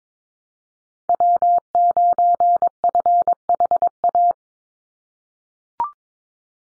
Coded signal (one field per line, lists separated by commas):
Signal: Morse code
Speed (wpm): 22 wpm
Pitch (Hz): 700 Hz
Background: none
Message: W9FHA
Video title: NA SOTA Chaser Callsigns 22wpm